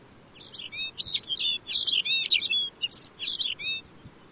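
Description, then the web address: Lapland bunting song, a fast jingling run of high chirps and slurred twittering notes lasting about three seconds. "lapland bunting bird call"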